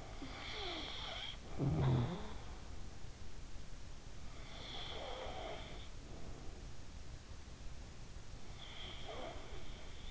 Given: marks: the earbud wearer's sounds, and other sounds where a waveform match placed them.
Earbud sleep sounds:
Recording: sounds in sleep by an in-ear microphone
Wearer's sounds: snoring breath, breath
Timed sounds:
0.00-2.85 s: snoring breath
4.49-6.11 s: breath
8.33-10.11 s: breath

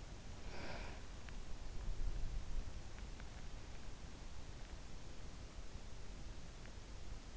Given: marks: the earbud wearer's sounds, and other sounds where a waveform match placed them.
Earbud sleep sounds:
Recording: sounds in sleep by an in-ear microphone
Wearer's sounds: breath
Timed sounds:
0.35-1.07 s: breath

